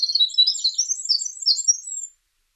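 Winter wren song: a rapid, tumbling cascade of high, tinkling notes and trills running for about two seconds, then silence.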